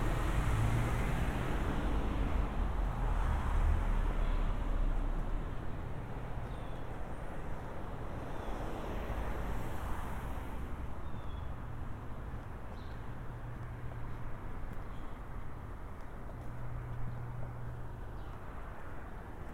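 Walking through town, a steady traffic rumble with a low engine hum that is loudest early, then recurs around 13 and 17 seconds.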